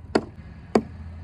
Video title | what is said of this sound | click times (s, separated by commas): Finally got my door replaced on my 2023 Forest River Flagstaff e-pro 15TB | wouldn't close it wouldn't latch closed all the way well this one latches I can hear the Click | 0.2 s, 0.8 s